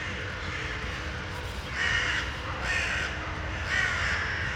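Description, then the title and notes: Crow or raven cawing, three harsh, hoarse caws spaced about a second apart over a steady low rumble. Recorded in Bois de la Cambre, Brussels, Belgium, with Earsight V2 AB microphones into a Zoom F3. "Bois de la Cambre, Bruxelles, Bruxelles-Capitale, Belgique - corvids, woodpeckers planes and joggers. Corbeaux. corneilles, pic épeiche avions et joggers"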